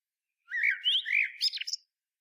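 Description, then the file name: Common blackbird song: a rich, mellow whistled warble, finishing with a burst of thin, high, squeaky twittering notes. "Turdus merula"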